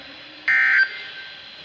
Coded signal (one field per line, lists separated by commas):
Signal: Emergency Alert System (SAME) tones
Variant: end-of-message bursts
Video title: Special Marine Warning (EAS #166)